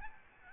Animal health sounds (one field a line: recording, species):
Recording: mosquito wingbeat signal from an infrared sensor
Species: Aedes albopictus